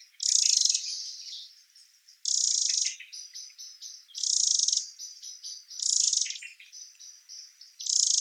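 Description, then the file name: Eurasian wren song: loud, dense, very high buzzy bursts repeated roughly every two seconds, linked by thinner rapid trills and ticking notes. "Troglodytes troglodytes"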